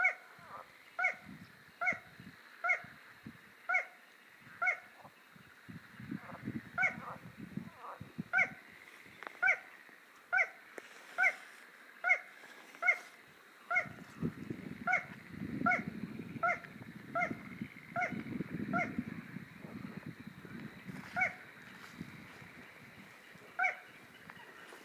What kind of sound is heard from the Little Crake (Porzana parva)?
song